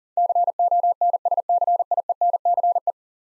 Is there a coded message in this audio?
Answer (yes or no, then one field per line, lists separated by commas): yes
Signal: Morse code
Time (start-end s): 0.2-2.9 s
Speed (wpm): 37 wpm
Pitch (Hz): 700 Hz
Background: none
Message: CONSCIENCE